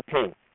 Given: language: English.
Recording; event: throat vibration sensor signal played as sound; speech